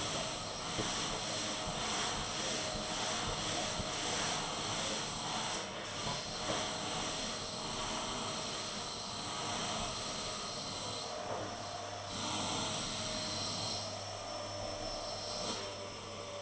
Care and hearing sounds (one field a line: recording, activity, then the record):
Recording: daily activity, microphone in the room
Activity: vacuum cleaning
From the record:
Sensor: 4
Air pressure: 1000.1 hPa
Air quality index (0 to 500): 232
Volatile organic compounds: 32 ppm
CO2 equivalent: 2992 ppm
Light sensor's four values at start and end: 9/21/8/8 and 9/21/8/8